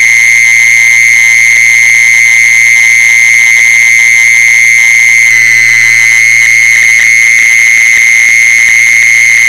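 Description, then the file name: Mole cricket trilling in a continuous, even, high buzz that never breaks; the background shifts slightly about halfway through, with a few soft ticks. "tieng de trui de chui"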